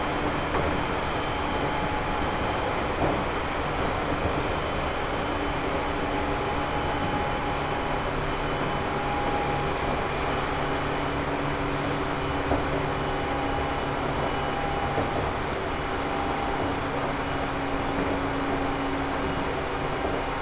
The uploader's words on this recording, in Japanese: 西武池袋線普通 池袋→清瀬。最初に乗ったのは普通列車の小手指行きで。